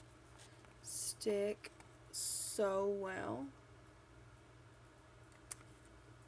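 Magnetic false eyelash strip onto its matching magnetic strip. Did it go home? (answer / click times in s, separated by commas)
yes / 5.5 s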